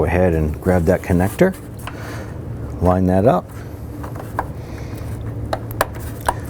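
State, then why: Seated. Someone talks while the electrical connector for the radiator fan motor on a 2007-11 Honda Civic is lined up and pressed up onto the plastic fan housing. After a few small knocks and handling sounds, a sharp click at 5.8 s marks the connector locking into place, and it is seated.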